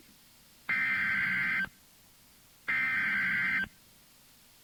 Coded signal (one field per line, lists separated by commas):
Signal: Emergency Alert System (SAME) tones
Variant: header bursts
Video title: EAS #1448 - FIRE WARNING 3-23-2016